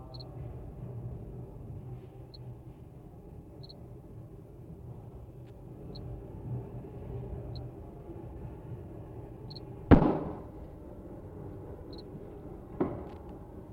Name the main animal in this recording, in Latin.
Acheta domesticus